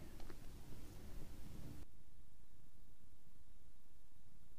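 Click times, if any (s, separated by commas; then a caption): none. A new spin-on oil filter is slowly turned clockwise by hand to start it onto the threaded filter stub of an XJ900S motorcycle engine, giving soft rustling and handling sounds with a brief knock at 0.2 s. After about 1.8 s only a steady faint hiss remains. The filter is only being lined up and threaded, not yet tightened, and nothing has seated or clicked yet.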